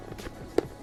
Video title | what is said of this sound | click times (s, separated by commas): Best Budget Adventure Bike Helmet | slide back click nice positive click actually on that so you know it's fastened in properly | 0.6 s